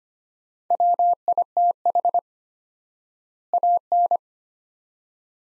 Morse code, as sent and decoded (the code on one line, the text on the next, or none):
.-- .. - .... / .- -.
WITH AN